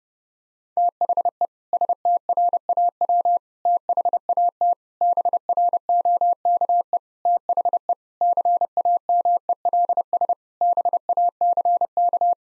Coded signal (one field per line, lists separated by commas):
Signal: Morse code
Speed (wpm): 30 wpm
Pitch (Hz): 700 Hz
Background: none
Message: THE STRAW THAT BROKE THE CAMELS BACK